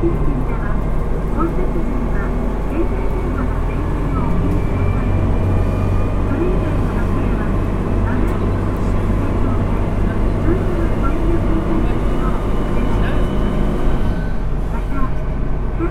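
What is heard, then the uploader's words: Inside a local train on the Kyudai line, a steady low rumble and hum fill the whole recording, with level loudness throughout. Murmured voices drift in and out, and faint squeaks and rattles surface now and then, a few sharper ones near the end. JR九州 200系気動車の走行音です。 久大線の普通列車で録音しました。 区間は、大分から賀来までです。 I recorded on a local train of Kyudai line.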